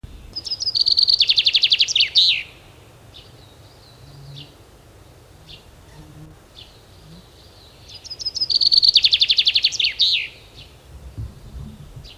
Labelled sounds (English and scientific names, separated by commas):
Common Chaffinch (Fringilla coelebs) song